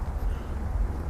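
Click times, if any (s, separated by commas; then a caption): none. The plastic center dash air vent assembly of a 2008–2016 VW Tiguan is pressed into its dash opening during a broken-vent repair, and the fit is very tight. Only a steady low rumbling noise is heard, with no sharp sounds. Nothing has seated or clicked yet.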